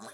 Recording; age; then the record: pig call; piglet (1 to 25 days)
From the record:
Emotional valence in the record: negative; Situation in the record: short isolation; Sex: male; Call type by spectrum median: low-frequency call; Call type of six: low-frequency tonal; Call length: 0.14 s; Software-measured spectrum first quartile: 728 Hz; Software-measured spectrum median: 1777 Hz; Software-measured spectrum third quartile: 6843 Hz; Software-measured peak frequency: 218 Hz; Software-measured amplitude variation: 70 dB a second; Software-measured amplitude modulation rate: 18.0 a second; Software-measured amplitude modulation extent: 3.9 dB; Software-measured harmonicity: 2.8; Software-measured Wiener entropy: -2.32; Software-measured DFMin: 572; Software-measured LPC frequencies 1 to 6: 747, 1514, 3586, 4095, 5277, 6073 Hz